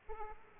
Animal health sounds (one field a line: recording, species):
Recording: mosquito wingbeat signal from an infrared sensor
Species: Aedes aegypti